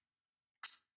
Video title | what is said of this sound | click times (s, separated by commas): Best Affordable Weight Bench? - FLYBIRD Adjustable Weight Bench Assembly & Review | I really like how it just locks into place. | 0.6 s